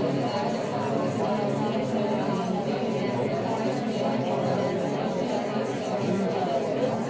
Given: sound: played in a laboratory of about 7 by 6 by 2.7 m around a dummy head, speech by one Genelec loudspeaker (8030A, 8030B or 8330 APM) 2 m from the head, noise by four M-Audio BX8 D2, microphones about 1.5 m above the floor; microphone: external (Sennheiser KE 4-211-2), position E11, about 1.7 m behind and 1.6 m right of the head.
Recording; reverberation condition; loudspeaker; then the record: babble noise; low; four, about 170 cm from the corners of the room and facing them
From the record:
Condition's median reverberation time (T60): about 310 ms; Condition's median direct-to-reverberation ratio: about 3.5 dB